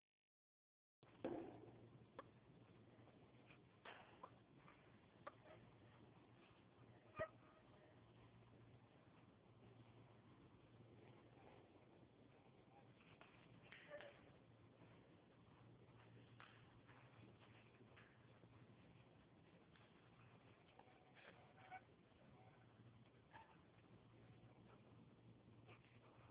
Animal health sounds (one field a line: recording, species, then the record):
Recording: mosquito flight sound by mobile phone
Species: Anopheles stephensi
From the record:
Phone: Huawei 866C